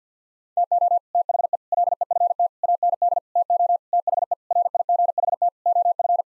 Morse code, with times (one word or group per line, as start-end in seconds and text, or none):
0.6-1.0 TO
1.1-1.6 THE
1.7-2.5 LEFT
2.6-3.2 AND
3.4-3.8 TO
3.9-4.3 THE
4.5-5.5 RIGHT
5.7-6.2 OF